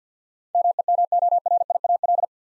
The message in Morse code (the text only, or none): MEMORIAL